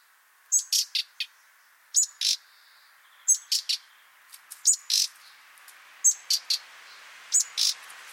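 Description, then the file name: Common nightingale calls: a high sharp note followed by a few dry clicks, repeated in a steady series. "Luscinia megarhynchos"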